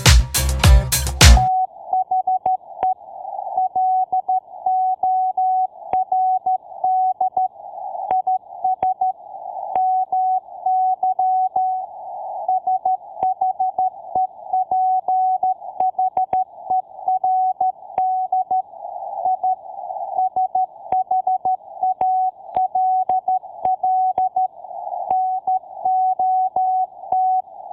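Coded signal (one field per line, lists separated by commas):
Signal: Morse code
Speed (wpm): 13 wpm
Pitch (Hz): 750 Hz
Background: music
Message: THE LORD IS MY SHEPHERD I SHALL NOT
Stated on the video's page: Morse code message played in a podcast intro.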